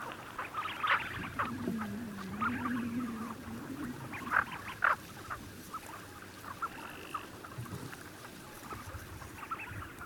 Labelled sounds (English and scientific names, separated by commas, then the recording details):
Tufted Duck (Aythya fuligula) call
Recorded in the wild
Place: Gingst, Insel Rügen, Mecklenburg-Vorpommern, DE
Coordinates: 54.534, 13.303
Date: 1977-04-09 08:30
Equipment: Nagra III BH, Sennheiser MD 21, parabola
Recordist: Schubert, Michael
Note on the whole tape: Rufe Reiherenten